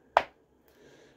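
A plastic wheel is pressed onto the axle of a Hasbro G.I. Joe 1989 Arctic Blast toy vehicle, its tabs lined up so they pop in. A single sharp snap at 0.2 s is followed by quiet and faint handling noise. The wheel seats and is locked on so it won't come out again.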